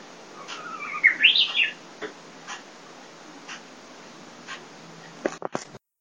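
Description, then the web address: Japanese bush warbler song, one phrase of a held low whistle ending in a sharp warbled flourish, followed by clicks and knocks. Song rendered as hokekyo; dated 150223. "kiracladays 150223 hokekyor"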